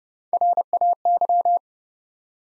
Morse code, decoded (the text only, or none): RAY